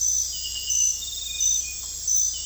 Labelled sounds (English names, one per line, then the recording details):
none
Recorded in dense forest near Puerto Asís, Putumayo, Colombia, on 22 December 2024 at 00:30
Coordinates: 0.486, -76.317
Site G003